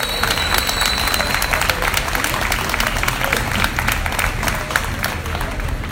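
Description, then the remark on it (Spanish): Loud, sustained audience applause with many hands clapping at once in a dense, steady wash of sound that holds throughout without pause, as the audience welcomes a meat industry worker to the stage. “Fuerte, fuerte el aplauso para recibirlo.”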